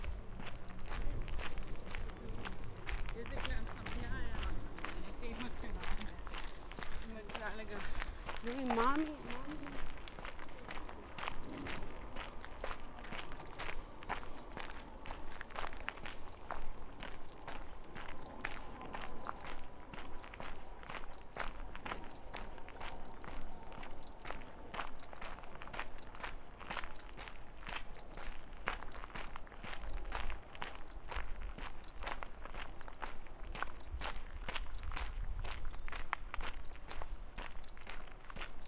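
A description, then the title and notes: Footsteps on a walk from a park toward a city street, crisp and steady at a brisk, even pace for the whole stretch. Faint voices come and go, and a low rumble of traffic swells near the start and again toward the end. Out of the Woods, Into the City. A walk from the top of Tivoli Park to Prešernova Cesta in Ljubljana, Slovenia.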